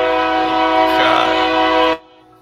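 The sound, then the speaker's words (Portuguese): A train blares its horn in one loud, steady, chord-like blast lasting about two seconds, then cuts off abruptly into near silence. “E aí passa um trem.”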